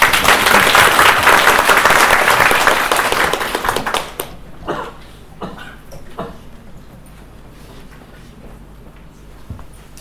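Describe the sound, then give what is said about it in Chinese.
An audience at a guqin lecture at the Shanghai Conservatory bursts into loud, dense applause welcoming a professor from Nanjing Normal University's School of Liberal Arts, lasting about four seconds, then quickly fades to a few scattered claps and quiet rustling with a low steady hum underneath. “所以呢我们非常期待，我们请大家以热烈的掌声表示欢迎。”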